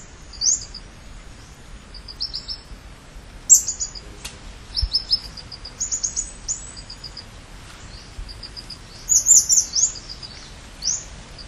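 Camiguin hanging parrot calls: frequent shrill squeaks and short high chattering bursts, irregularly spaced, with a brief louder flurry near the end, over steady hiss.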